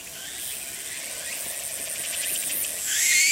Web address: 昆虫 セミ ツクツクボウシ（ツクツクホウシ）の鳴き声 arpla 自然音研究室